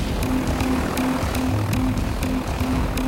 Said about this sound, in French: Il est 11h15 lorsque l'hélicoptère se pose dans la cour d'honneur à l'entrée de la prison, juste à droite du bâtiment jaune et blanc que vous voyez derrière moi, la seule zone de ce centre pénitentiaire qui n'est pas équipée en filet de sécurité.